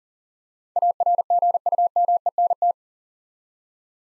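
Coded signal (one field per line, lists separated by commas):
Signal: Morse code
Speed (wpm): 40 wpm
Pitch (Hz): 700 Hz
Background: none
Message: ARGUMENT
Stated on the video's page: Build-a-word Morse drill of 8-letter words, sent three letters at a time at 40 wpm, for instant character recognition.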